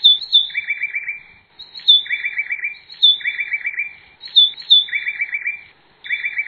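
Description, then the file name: White-breasted wood wren singing, each phrase a few sharp high whistles followed by a fast rattling trill, repeated several times with short pauses. "canto do uirapuru De Peito Branco"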